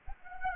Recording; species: mosquito wingbeat signal from an infrared sensor; Anopheles arabiensis